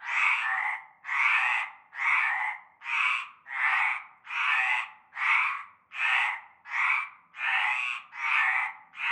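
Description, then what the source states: Frog chorus, a steady run of many harsh, buzzy croaks with short silences between them. Frog chorus starting at nightfall in a large concrete basin with stagnant greenish water, Avenue Cante Coucou, Groupède, La Ciotat, Bouches-du-Rhône, Provence, France.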